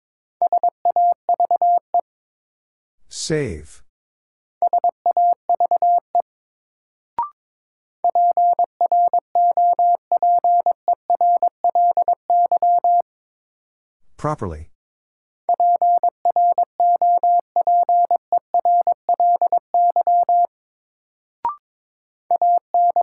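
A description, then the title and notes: Morse code beeps at one steady mid-pitched tone, keyed in quick, regular bursts of dots and dashes. About every ten seconds the keying stops for a short sweeping swoosh that falls from high to low, then a single faint click before the code resumes. Sentences from Top 1100 Words - New Word Drill - 22wpm. First, the word is sent in Morse code.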